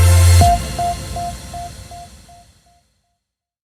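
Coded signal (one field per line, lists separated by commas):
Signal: none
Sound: news intro music beeps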